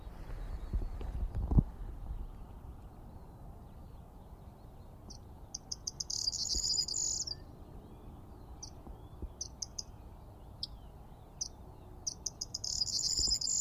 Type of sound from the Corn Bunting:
song